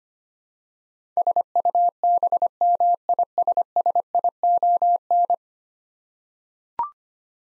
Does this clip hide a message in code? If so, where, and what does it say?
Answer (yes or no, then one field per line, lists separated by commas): yes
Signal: Morse code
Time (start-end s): 1.2-5.3 s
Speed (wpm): 25 wpm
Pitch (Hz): 700 Hz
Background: none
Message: SUBMISSION